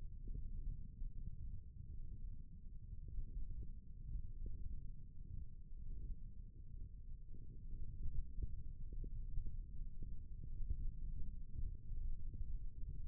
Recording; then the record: forearm muscle sounds (acoustic myography)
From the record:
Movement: index flexion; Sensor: system 1, eight BSWA MPA416 microphones around the upper forearm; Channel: 1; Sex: male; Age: 18 years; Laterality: right